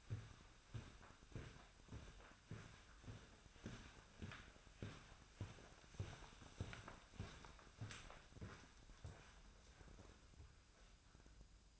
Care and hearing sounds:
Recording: daily activity, microphone in the room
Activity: walk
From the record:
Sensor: 2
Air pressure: 1009.2 hPa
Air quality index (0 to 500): 182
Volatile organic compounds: 3 ppm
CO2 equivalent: 1322 ppm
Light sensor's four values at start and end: 47/121/53/58 and 48/124/53/59

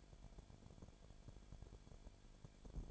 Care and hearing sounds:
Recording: daily activity, microphone in the room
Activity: no activity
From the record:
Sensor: 5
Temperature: 19.8 degrees Celsius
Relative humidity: 33.3%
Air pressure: 1001.4 hPa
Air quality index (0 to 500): 31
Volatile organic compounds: 1 ppm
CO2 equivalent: 523 ppm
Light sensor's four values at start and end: 2/3/1/1 and 2/3/1/1

